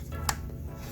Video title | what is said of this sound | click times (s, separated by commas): I built a PC and it went poorly | Now that's clicked into place, you can just push down and then screw it in. | 0.3 s